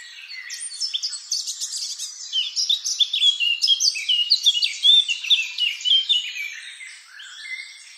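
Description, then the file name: Eurasian blackcap song: fast, jumbled warbles and clear whistled notes, strongest in the middle seconds, easing into softer twitters at the end. "Sylvia atricapilla"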